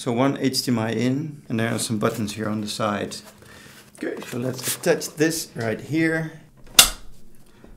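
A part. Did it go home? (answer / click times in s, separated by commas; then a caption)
yes / 6.8 s. Someone talks while handling an Asus 24-inch Eye Care Monitor, then attaches the monitor panel onto the stand's quick-release click mount, which has a small release button at the back. A single sharp click at 6.8 s marks the panel latching home and seating on the mount.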